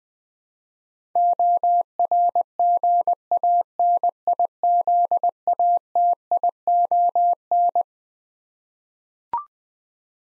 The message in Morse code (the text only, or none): ORGANIZATION